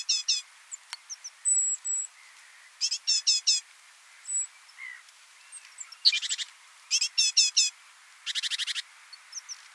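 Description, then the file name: Great tit giving repeated clusters of quick, high, down-slurred notes, several bursts spaced unevenly across the stretch, with a soft background hiss. "Parus major"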